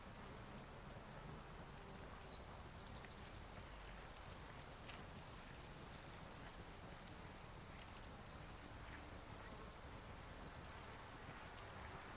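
An afternoon on a mountainside: soft low wind, then a high insect buzz starts around four seconds, holds steady, and cuts off abruptly.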